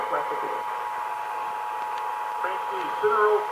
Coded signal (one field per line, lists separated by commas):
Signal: Emergency Alert System (SAME) tones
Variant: 853 and 960 Hz attention tone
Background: speech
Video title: (EAS #984-992) February 2026 Texas Required Monthly Test